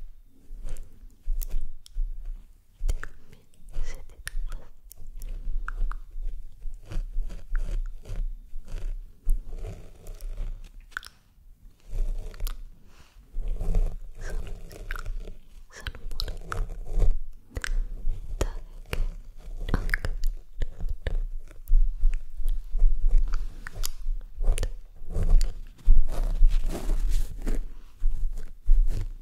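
Unintelligible whispering thick with rapid wet mouth clicks and crunchy smacks, continuous apart from a brief quiet lull near eleven seconds.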